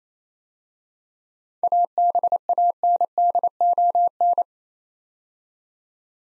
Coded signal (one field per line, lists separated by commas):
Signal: Morse code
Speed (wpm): 28 wpm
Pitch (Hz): 700 Hz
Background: none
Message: ABANDON